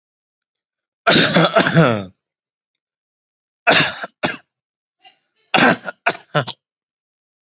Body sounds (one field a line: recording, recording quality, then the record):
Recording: heavy voluntary cough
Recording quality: excellent, no background noise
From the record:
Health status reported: healthy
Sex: male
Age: 34 years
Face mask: not worn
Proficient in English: yes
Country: India